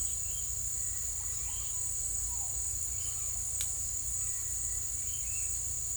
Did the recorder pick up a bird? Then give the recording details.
no. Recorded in secondary vegetation near Puerto Asís, Putumayo, Colombia, on 18 December 2024 at 17:30. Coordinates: 0.499, -76.323. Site G010